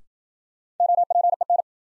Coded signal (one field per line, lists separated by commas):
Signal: Morse code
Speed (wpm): 53 wpm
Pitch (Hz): 700 Hz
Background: none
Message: OPEN